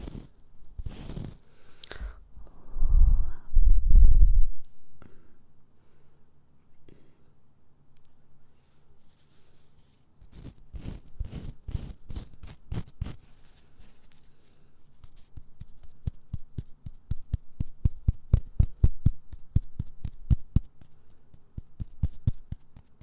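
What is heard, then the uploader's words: Mouth sounds and ear cleaning: low thumps and rustles early, then rapid, regular crisp clicks and taps that speed up and grow denser. ASMR Mouth Sounds Ear Cleaning.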